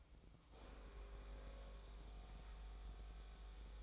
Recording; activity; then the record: daily activity, microphone in the room; make coffee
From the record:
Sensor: 1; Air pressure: 1007.4 hPa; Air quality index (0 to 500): 80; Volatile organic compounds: 1 ppm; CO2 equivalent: 695 ppm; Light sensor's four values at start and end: 7/17/7/8 and 7/17/7/7